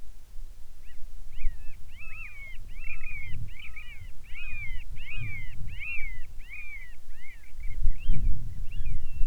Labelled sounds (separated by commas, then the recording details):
seabird
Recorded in the Arctic National Wildlife Refuge, Alaska, on 7 July 2019 at 18:53
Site 41